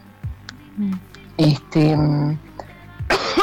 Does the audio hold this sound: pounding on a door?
no